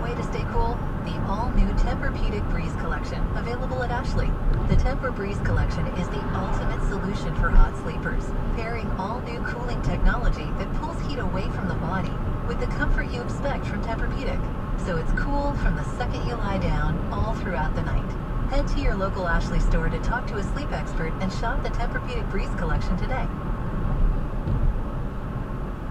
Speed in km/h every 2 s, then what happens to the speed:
60, 61, 60, 61, 60, 60, 60, 60, 61, 63, 63, 63, 61.
0-26 steady at about 61.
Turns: none.